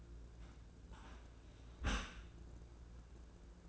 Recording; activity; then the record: daily activity, microphone in the room; close dishwasher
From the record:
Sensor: 2